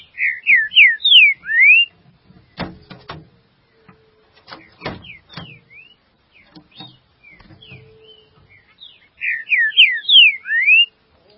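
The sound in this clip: Green-winged saltator delivering a quick run of loud downslurred whistles, then tapping and faint chirps, then another similar whistled phrase near the end.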